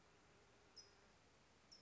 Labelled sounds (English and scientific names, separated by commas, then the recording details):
California Towhee (Melozone crissalis)
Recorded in Sonoma County, California